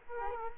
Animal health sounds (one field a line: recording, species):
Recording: mosquito wingbeat signal from an infrared sensor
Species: Culex quinquefasciatus